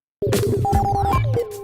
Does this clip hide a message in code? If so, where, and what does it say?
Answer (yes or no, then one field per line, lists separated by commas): no